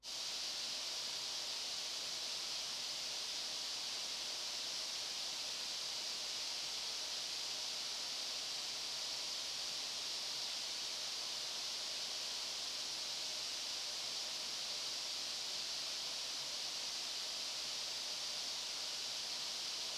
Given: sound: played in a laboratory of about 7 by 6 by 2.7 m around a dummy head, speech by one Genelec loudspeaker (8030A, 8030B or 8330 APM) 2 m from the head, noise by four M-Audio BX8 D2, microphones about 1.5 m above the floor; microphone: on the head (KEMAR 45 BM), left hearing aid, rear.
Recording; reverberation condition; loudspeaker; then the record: white noise; high; four, about 170 cm from the corners of the room and facing them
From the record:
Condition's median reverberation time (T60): about 1300 ms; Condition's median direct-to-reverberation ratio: about -4.0 dB